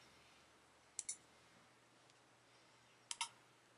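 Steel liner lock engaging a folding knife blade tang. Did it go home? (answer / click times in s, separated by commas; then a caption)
yes / 1.0 s, 3.1 s. The blade of a handmade liner lock folding knife is opened twice after the lock bevel has been ground, and each time the steel liner springs behind the blade tang with a sharp double click at 1.0 s and 3.1 s. The liner lock seats into lockup both times, though it only just barely locks up for now.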